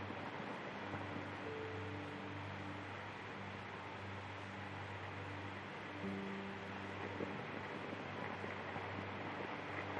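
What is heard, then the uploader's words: Steady vinyl crackle hiss runs throughout, with low sustained humming tones and soft held notes shifting around two and six seconds. Peaceful Soundscape with Vinyl Crackle Sounds. An atmospheric soundscape with 3 repeating piano loops. The sound of a crackling record player.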